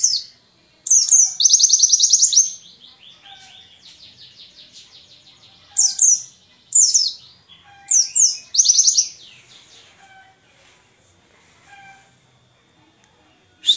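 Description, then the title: White-eye song given as repeated harsh, high chirp bursts and a rapid trill, separated by quieter twittering. Wild forest-type white-eye (pleci ngalas); song intended as fill-in material for masteran, tutoring caged songbirds. "mster Mnuk. Pleci ngalas isian untuk masteran"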